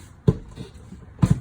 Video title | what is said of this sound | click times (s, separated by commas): 2021 Rockwood 2511S Demo | and snaps in place like that, so it's locked while you're going down the road so it doesn't swing out and get damaged. | 1.2 s